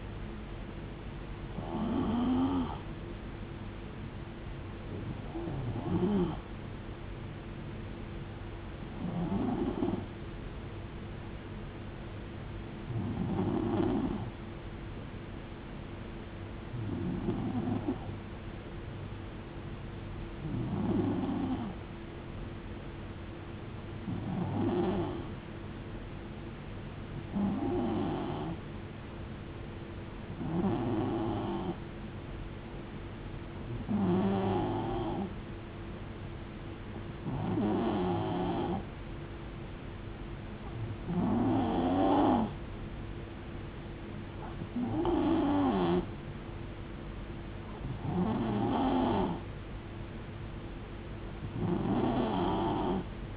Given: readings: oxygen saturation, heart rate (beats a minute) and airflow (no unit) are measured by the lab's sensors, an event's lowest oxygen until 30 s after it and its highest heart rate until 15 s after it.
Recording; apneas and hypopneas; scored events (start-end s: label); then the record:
breathing in sleep by a voice recorder at the bedside; 1
16.00-42.20 s: hypopnea (N2, oxygen 93% highest, then 91% lowest, heart rate 70 at the start, 73 highest)
38.00-53.37 s: new sleep stage, N3 (deep sleep)
From the record:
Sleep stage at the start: N2 (light sleep); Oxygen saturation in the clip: 91 to 93%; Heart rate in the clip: 66 to 74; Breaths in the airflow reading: 15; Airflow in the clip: -4.1 to 2.4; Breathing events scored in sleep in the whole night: 389 in 6.3 hours asleep